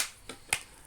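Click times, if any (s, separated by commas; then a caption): 0.5 s. A Redmi Note 7 Pro smartphone is pressed into the plastic holder of a faux-leather wallet case with a magnetic closure. A softer tick at 0.3 s is followed by a sharp snap at 0.5 s as the phone pops in and seats in the holder.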